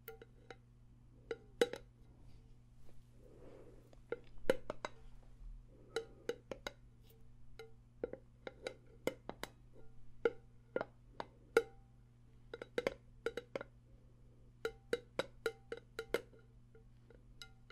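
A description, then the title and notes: Sharp, crisp tapping sounds scattered across the whole clip, sometimes single and sometimes in quick bursts, with bright clicky tops and a faint clinking quality. Soft rustling patches come up between taps, and a steady low hum runs underneath throughout. ASMR Extra Tingly Tapping No Talking.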